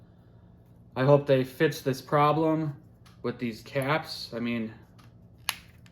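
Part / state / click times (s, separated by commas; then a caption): threaded side cap on a spinning fishing reel body / stripped / 5.5 s. Someone talks while working the threaded side cap on the body of a Piscifun Carbon X spinning fishing reel. A sharp click at 5.5 s marks the cap slipping loose. The cap thread is stripped and won't stay tight.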